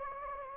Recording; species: mosquito wingbeat signal from an infrared sensor; Anopheles gambiae